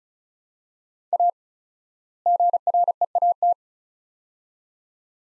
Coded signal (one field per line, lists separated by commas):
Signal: Morse code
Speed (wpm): 36 wpm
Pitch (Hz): 700 Hz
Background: none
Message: A GREAT